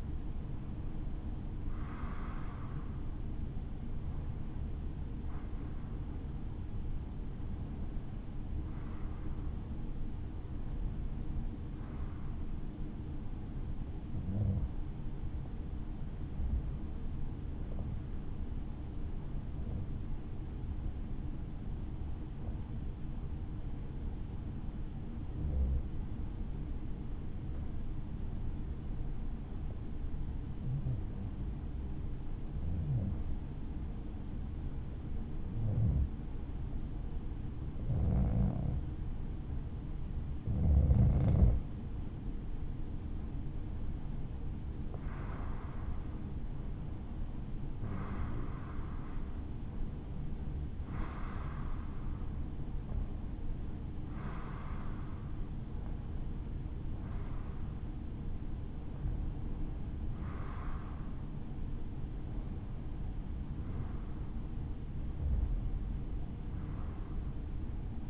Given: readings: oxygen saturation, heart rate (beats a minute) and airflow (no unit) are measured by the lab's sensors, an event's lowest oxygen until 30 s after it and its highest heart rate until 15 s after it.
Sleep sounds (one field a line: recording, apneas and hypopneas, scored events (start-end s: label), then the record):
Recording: breathing in sleep by a smartphone at the bedside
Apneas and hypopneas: 1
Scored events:
20.00-42.30 s: hypopnea (REM, oxygen 96% highest, then 93% lowest, heart rate 61 at the start, 63 highest)
From the record:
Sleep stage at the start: REM sleep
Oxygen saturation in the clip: 91 to 96%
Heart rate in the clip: 55 to 68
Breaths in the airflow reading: 21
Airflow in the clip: -4.1 to 5.5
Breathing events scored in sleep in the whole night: 216 in 7.0 hours asleep